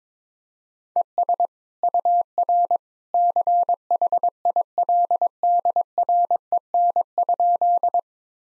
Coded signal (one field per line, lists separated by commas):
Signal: Morse code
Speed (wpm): 22 wpm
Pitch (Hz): 700 Hz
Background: none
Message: ES UR CHILDREN?